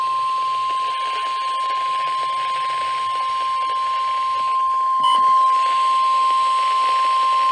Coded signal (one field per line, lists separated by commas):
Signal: Emergency Alert System (SAME) tones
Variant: 1050 Hz attention tone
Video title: NOAA Radio (EAS # 316-337) PDS TOA, TOA, SVR's, TOR's